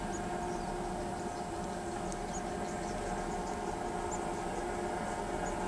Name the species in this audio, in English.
Tropical Kingbird